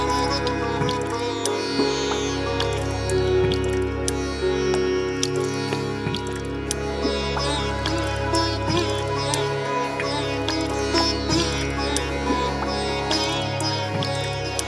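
Synths hold a thick, steady drone of layered tones with a heavy low bass underneath, swelling and dropping out roughly every four seconds. Sharp dripping clicks of waterdrops scatter across the top throughout, with short plucked sitar-like notes rising now and then.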